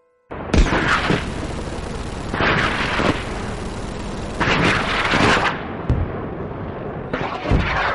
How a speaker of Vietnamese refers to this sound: Sau những ngày giao chiến ròng rã, súng nổ vang trời, tiểu đội của ông đã binh tạc giáp mã.